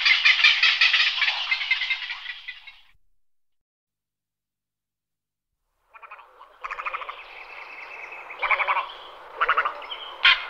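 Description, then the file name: Little egret giving harsh, rasping croaks: a long grating burst, a silent gap, then several shorter guttural bursts. "Aigrette Garzette Little Egret Egretta Garzetta"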